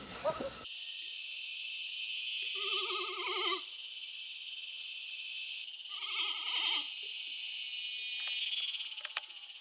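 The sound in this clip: Panda bleating: two quavering, harmonic bleats a few seconds apart, each about a second long, over a constant high hiss.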